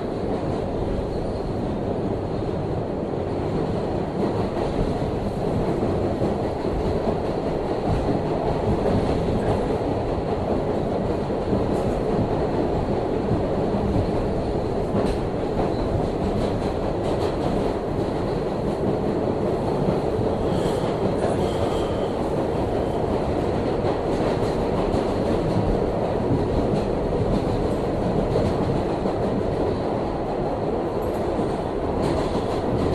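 A 3 train rolls between Clark Street and Atlantic Avenue in Brooklyn, its low, dense rumble holding steady for the whole stretch. Faint clicks and rattles run through the roar, with a few brief brighter squeals around the twenty-second mark.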